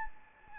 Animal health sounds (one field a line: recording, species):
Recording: mosquito wingbeat signal from an infrared sensor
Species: Anopheles arabiensis